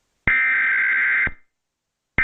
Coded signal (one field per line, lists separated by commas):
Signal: Emergency Alert System (SAME) tones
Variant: header bursts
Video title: EAS Emergency Alert System Channel: Tornado Warning in Oklahoma